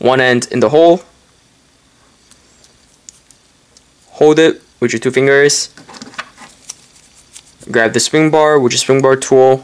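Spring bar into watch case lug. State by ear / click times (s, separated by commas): not seated / none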